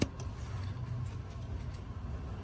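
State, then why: Not seated. A plastic coolant line quick-connect fitting is being handled at its coolant port on a DD13/DD15 engine, where it is meant to be pushed straight on until it latches with a little click. Only brief handling ticks and a low rumbling background are heard. The connector has not clicked or seated yet.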